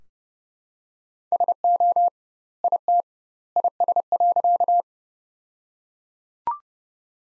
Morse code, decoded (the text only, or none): SO IT IS.